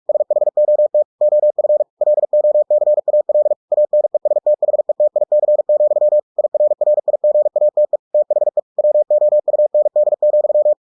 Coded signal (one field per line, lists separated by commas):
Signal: Morse code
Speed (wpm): 46 wpm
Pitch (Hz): 600 Hz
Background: none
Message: SHOT OF LOCAL ANESTHETIC, IRRIGATE THE WOUND,